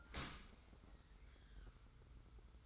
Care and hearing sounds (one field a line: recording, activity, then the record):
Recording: daily activity, microphone in the room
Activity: open dishwasher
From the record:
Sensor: 3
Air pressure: 991.3 hPa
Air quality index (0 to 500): 139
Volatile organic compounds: 281 ppm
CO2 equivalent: 4438 ppm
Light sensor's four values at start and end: 54/146/59/53 and 54/146/60/53